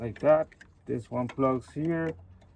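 Someone talks while handling a plastic wiring harness connector meant to push onto its mating sensor or component socket on a Tundra engine during reassembly. Only the voice and a faint tick near the end are heard, and nothing has seated or clicked yet.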